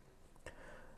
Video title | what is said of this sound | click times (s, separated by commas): Dell PowerEdge R750 RAID Overview - RAID Card Options - Installation - RAID 5 Server Configuration | there won't be a noticeable click sound but there is a small click that lets you know that the controller is fully inserted | 0.4 s, 0.5 s